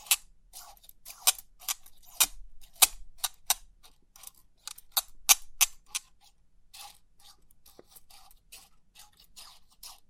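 Crisp pin art clicks and taps come in quick, irregular bursts, each a sharp bright tick with little low end. Louder snaps stand out near two, three and five seconds, while softer scattered ticks fill the gaps and thin out toward the end.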